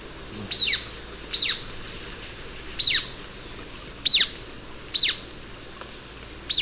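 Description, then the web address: Golden-crowned flycatcher repeating a sharp, high, squeaky note roughly every second, clear over a quiet low hum. Ecuador. "Birds of Ecuador. Golden-crowned Flycatcher"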